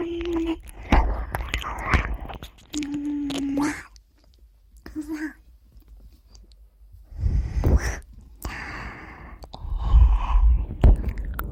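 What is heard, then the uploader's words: Fast, wet ear licking, with smacking mouth clicks and squelchy sounds in quick bursts. Short low hums come in around the start, near three seconds and at five seconds, and a near-silent pause falls between four and seven seconds before the licking picks up again. ASMR Ear Licking Fast.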